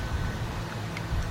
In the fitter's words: it's gonna snap right into place. Just like that.